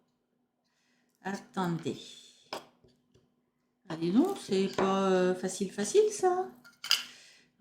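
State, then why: Not seated. Someone tries to press one wooden piece of a diamond-painting photo frame into its mating wooden piece while talking, and short knocks of the pieces hitting each other are heard at about 2.5 s and 6.8–6.9 s. The pieces fail to fit together, and nothing has seated or clicked yet.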